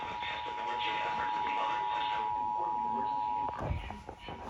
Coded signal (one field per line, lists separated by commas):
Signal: Emergency Alert System (SAME) tones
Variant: 853 and 960 Hz attention tone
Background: speech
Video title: Return of the EAS Count…EAS Alerts From March 7-8, 2024 (NEW EAS #1-39)